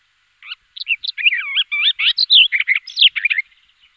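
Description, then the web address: Barred warbler singing a rapid, scratchy warble mixing harsh chatter with looping whistled notes, lasting about three seconds. Song, 2004. "gesang. roche 2004 sperbergrasmuecke"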